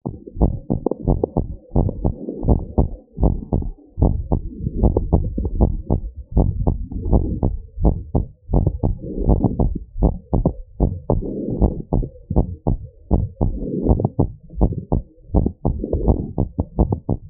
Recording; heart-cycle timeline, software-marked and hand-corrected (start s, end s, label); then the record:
heart sounds
0.00	0.02	S2
0.02	0.40	diastole
0.40	0.52	S1
0.52	0.72	systole
0.72	0.80	S2
0.80	1.08	diastole
1.08	1.20	S1
1.20	1.38	systole
1.38	1.46	S2
1.46	1.76	diastole
1.76	1.88	S1
1.88	2.04	systole
2.04	2.14	S2
2.14	2.46	diastole
2.46	2.58	S1
2.58	2.78	systole
2.78	2.90	S2
2.90	3.22	diastole
3.22	3.36	S1
3.36	3.58	systole
3.58	3.68	S2
3.68	4.00	diastole
4.00	4.12	S1
4.12	4.32	systole
4.32	4.44	S2
4.44	4.78	diastole
4.78	4.92	S1
4.92	5.12	systole
5.12	5.26	S2
5.26	5.56	diastole
5.56	5.72	S1
5.72	5.92	systole
5.92	6.02	S2
6.02	6.36	diastole
6.36	6.50	S1
6.50	6.66	systole
6.66	6.78	S2
6.78	7.10	diastole
7.10	7.26	S1
7.26	7.44	systole
7.44	7.54	S2
7.54	7.82	diastole
7.82	7.96	S1
7.96	8.16	systole
8.16	8.24	S2
8.24	8.54	diastole
8.54	8.68	S1
8.68	8.84	systole
8.84	8.94	S2
8.94	9.26	diastole
9.26	9.40	S1
9.40	9.60	systole
9.60	9.74	S2
9.74	10.02	diastole
10.02	10.16	S1
10.16	10.40	systole
10.40	10.52	S2
10.52	10.82	diastole
10.82	10.94	S1
10.94	11.16	systole
11.16	11.26	S2
11.26	11.60	diastole
11.60	11.74	S1
11.74	11.94	systole
11.94	12.06	S2
12.06	12.36	diastole
12.36	12.46	S1
12.46	12.68	systole
12.68	12.78	S2
12.78	13.12	diastole
13.12	13.28	S1
13.28	13.46	systole
13.46	13.56	S2
13.56	13.84	diastole
13.84	13.98	S1
13.98	14.20	systole
14.20	14.28	S2
14.28	14.58	diastole
14.58	14.72	S1
14.72	14.92	systole
14.92	15.02	S2
15.02	15.34	diastole
15.34	15.46	S1
15.46	15.66	systole
15.66	15.78	S2
15.78	16.04	diastole
16.04	16.18	S1
16.18	16.38	systole
16.38	16.48	S2
16.48	16.80	diastole
16.80	16.92	S1
16.92	17.10	systole
17.10	17.18	S2
17.18	17.30	diastole
From the record:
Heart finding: normal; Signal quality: good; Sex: female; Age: 43 years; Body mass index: 28.3